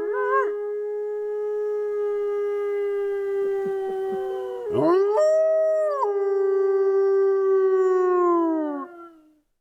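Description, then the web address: Wolf howls: one long, level tone drifts slowly lower, then a second howl rises sharply, holds, and settles lower, fading out at the end. "lupo"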